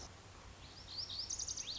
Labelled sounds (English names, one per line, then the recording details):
Lazuli Bunting
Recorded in Sonoma County, California